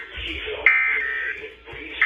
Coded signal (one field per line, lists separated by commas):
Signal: Emergency Alert System (SAME) tones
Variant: end-of-message bursts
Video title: Severe Thunderstorm Warning for Shreveport on WXJ97 & KYXA, KLHV, and K264AS. [EAS #1,912 - #1,915]